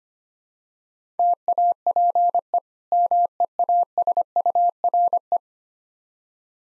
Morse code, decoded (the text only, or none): TAPE MEASURE